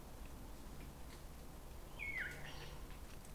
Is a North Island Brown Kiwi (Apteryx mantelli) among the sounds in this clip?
no